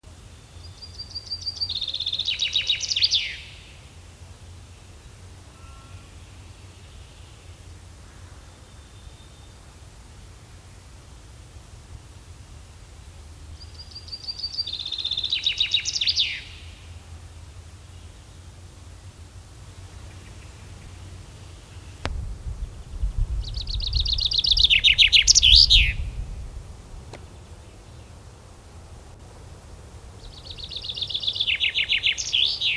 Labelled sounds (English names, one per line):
Common Chaffinch song